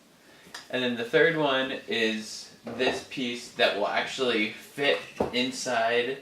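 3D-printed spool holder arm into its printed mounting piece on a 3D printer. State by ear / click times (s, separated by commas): seated / 0.6 s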